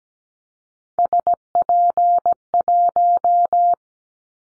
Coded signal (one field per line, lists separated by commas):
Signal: Morse code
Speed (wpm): 17 wpm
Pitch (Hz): 700 Hz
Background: none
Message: SP1